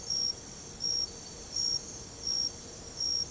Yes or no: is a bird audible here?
no